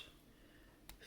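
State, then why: Seated. The plastic wing of a Lego Creator 31058 toy brick plane is tilted up on its ratcheting hinge, giving a single sharp click at 0.9 s against a quiet background. The hinge seats into its third detent, the highest wing position.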